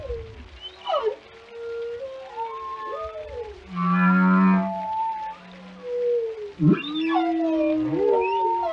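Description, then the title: Whale sounds: low groans and swooping cries, with a loud, rough, buzzing moan in the middle and more rising whoops afterward. "Whale Tales: A Dive into the Fascinating Behaviors of These Ocean Giants"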